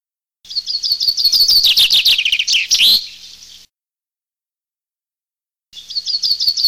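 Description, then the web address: Common chaffinch song phrase of rapid repeated notes cascading down to a flourish, followed by silence and then the opening notes of another phrase. Filtered. "FILTERED FRINGUELLO"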